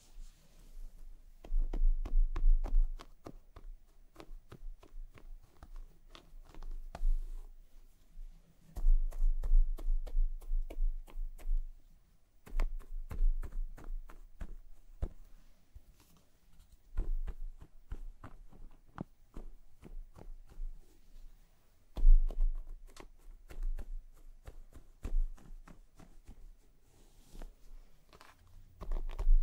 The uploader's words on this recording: ASMR Let me massage your scalp and brush your hair (1 HOUR No Talking).